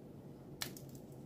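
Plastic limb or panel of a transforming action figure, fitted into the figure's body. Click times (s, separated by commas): 0.6 s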